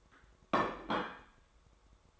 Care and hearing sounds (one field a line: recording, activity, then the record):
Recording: daily activity, microphone in the room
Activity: place plate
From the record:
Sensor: 3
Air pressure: 1004.3 hPa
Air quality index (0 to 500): 197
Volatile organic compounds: 14 ppm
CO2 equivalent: 2470 ppm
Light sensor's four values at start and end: 5/11/4/4 and 5/11/4/4